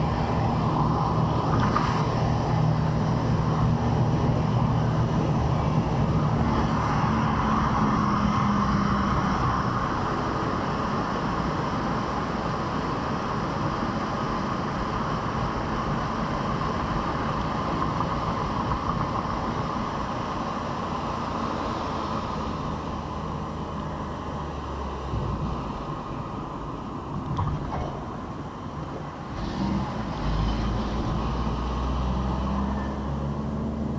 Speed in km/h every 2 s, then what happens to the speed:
65, 65, 63, 61, 55, 49, 47, 47, 48, 50, 49, 43, 38, 25, 23, 30, 39.
0-5 steady at about 65. 5-12 slows to 47. 12-21 steady at about 48. 21-28 brakes to 23. 29-34 speeds up to 39.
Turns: none.